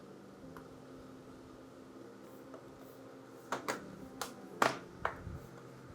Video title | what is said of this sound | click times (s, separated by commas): BEST Upgradeable for your Hardworking Laptop! - Gadget Sidekick | cover this up this mixture you'll hear every single click on the sides | 3.5 s, 4.2 s, 4.6 s, 5.1 s